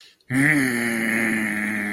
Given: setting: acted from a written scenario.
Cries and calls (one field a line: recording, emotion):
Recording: vocal sound without words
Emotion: anger